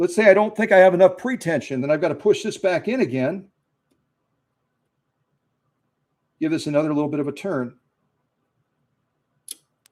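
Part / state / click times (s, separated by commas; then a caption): check spring of the thread tension assembly locking into its plate on a sewing machine / seated / 9.5 s, 9.9 s. On a rust- and mold-frozen Featherweight sewing machine, the check spring of the thread tension assembly is pushed back in and given another small turn of pre-tension while someone talks from 0 to 3.5 s and again from 6.4 to 7.7 s. After a quiet stretch, the check spring locks into its plate with short clicks at 9.5 s and 9.9 s, seating it in place.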